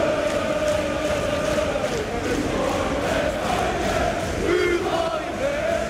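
Feyenoord supporters in a stadium at a Feyenoord match chant together in unison "Hugo hou je bek" at minister Hugo de Jonge, a loud, sustained sung phrase rising and falling in pitch over a dense roar of crowd noise lasting the whole time.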